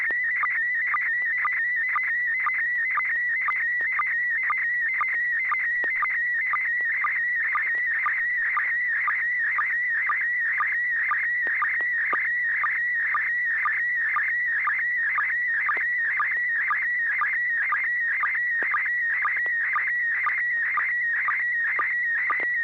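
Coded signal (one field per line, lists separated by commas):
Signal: SSTV (slow-scan television)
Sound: warbling, chirping tone around 2 kHz with a short low blip twice a second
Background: low steady hum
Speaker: the River City Arc Slow Scan TV net. This net serves for training and practice in image transmission modes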